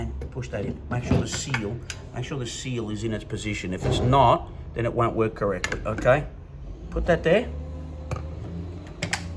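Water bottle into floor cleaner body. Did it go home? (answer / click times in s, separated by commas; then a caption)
yes / 9.0 s. A plastic water bottle (water tank) is pushed into the body of a Hizero F803 floor cleaner while someone talks, with light handling sounds throughout. A sharp click at 9.0 s marks the tank seating correctly.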